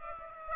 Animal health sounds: mosquito wingbeat signal from an infrared sensor; Aedes aegypti

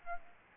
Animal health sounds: mosquito wingbeat signal from an infrared sensor; Aedes albopictus

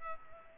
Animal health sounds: mosquito wingbeat signal from an infrared sensor; Culex pipiens

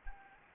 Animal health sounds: mosquito wingbeat signal from an infrared sensor; Anopheles gambiae

